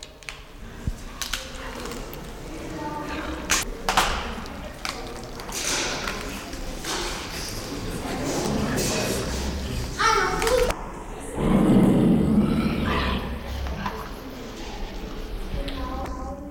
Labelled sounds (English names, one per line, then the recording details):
Puma
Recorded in captivity
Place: Zoo Halle, Sachsen-Anhalt, DE
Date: 1995-04-09 15:21
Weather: wolkig, ca. 10°C
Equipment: Marantz CP 430, Sennheiser ME 80, Kopie Uher 4000 Report Monitor
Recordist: Tembrock, Günter
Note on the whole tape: Einzeltier (wohl Männchen): frißt, Knurren mit Blick auf Beobachter, auch Stoßfauchen. Entfernung ca. 3 m